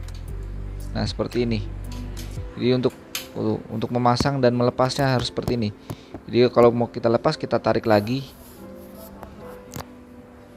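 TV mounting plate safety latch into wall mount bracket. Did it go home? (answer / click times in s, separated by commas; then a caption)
yes / 9.2 s, 9.8 s. Someone talks over background music while the hooks of a TV mounting plate are lowered onto an Oximus T610 wall mount bracket and the safety lock is pulled. The lock is then released, and sharp clicks at 9.2 s and 9.8 s mark the safety latch snapping into the bracket. The latch is seated and locked.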